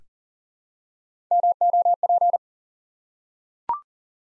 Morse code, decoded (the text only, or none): MOP